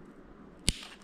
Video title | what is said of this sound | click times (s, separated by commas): M1 Macbook Air Sticky Key Fix | there went do you hear that little snap | 0.7 s